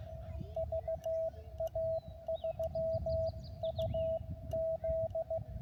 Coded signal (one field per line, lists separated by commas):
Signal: Morse code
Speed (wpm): 16 wpm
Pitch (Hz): 650 Hz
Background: radio noise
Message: VA3UZ